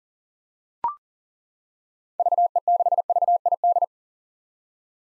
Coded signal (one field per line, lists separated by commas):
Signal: Morse code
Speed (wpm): 40 wpm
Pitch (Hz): 700 Hz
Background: none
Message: VE6VID